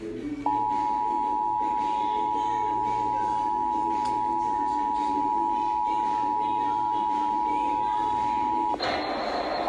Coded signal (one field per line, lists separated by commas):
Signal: Emergency Alert System (SAME) tones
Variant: 853 and 960 Hz attention tone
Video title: Required Monthly Test EAS #141